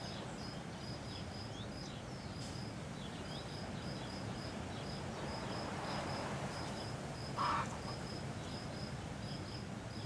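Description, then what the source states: Cicada's high pulsed buzzing in irregular runs beneath strong wind, with a single short cluck near the end. Single cicada hiding in the recordist's garden all week; recorded on a day of constant mistral wind through a pine tree; occasional clucks from neighbours' chickens.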